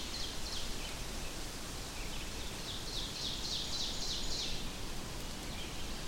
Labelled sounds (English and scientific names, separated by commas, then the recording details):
Ovenbird (Seiurus aurocapilla) song
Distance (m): 70 m
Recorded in boreal forest in Alberta, Canada, on 4 June 2016 at 05:55
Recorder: SongMeter 3, array SBT-3-51
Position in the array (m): 274 m, 125 m
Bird 28